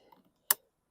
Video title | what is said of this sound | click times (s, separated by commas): 2019 Hyper Tough Lawn Mower Blade Hit Stationary Object.... This should have been First!!!!! | I think I just heard it click but then it popped off | 0.5 s